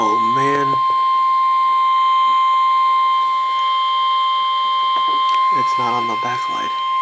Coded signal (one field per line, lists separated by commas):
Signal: Emergency Alert System (SAME) tones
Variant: 1050 Hz attention tone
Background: speech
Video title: NOAA - Severe Thunderstorm Watch #556 (EAS #995)